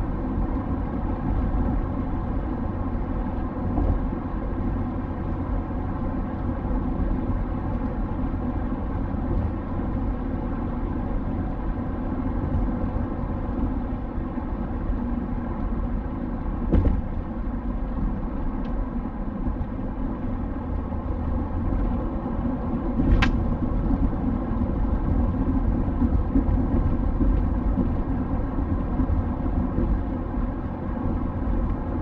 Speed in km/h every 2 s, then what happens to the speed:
94, 94, 94, 94, 94, 94, 88, 84, 81, 82, 85, 88, 89, 91, 91, 93.
0-10 steady at about 94. 10-16 slows to 81. 16-32 speeds up to 93.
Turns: none.